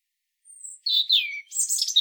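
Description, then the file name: European robin giving a brief high phrase, a thin whistle followed by a falling sweet slur and a scratchy twittering flourish at the end. "Erithacus rubecula"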